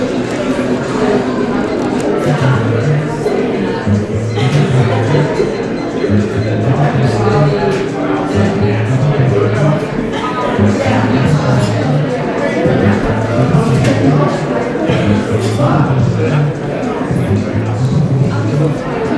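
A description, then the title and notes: A busy coffee shop with many voices overlapping in a steady, dense murmur that never lets up. Occasional brief clinks and taps cut through now and then. Coffeeshop ASMR.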